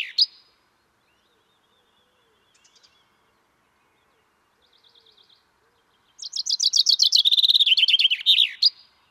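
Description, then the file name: Common chaffinch song: the end of one phrase, a few faint quiet notes, then a loud fast cascade of descending notes ending in a sharp final flourish. "Fringilla coelebs"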